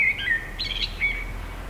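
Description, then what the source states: Bird song, a short phrase of clear whistled notes around mid-high pitch, sliding and warbling, with a brighter flourish in the middle. In the woods.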